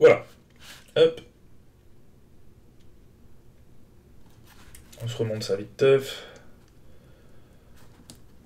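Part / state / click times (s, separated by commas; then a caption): atomizer cap or part onto dripper body / seated / 8.1 s. A metal atomizer cap or part is pressed onto the body of a vape dripper (rebuildable atomizer) during reassembly, with someone talking in bursts over a quiet background. A short, sharp click at 8.1 s marks the parts snapping together and seating.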